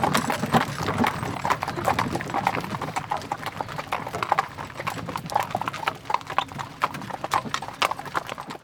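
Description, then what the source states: Horse hoofbeats clopping irregularly throughout. Horse pulling a carriage, slowing down.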